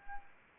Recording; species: mosquito wingbeat signal from an infrared sensor; Anopheles arabiensis